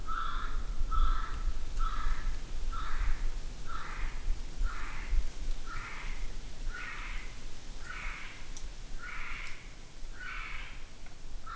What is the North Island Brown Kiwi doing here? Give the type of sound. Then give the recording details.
female call. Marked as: faintness 1/5. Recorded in New Zealand on 8 June 2013. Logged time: 02:19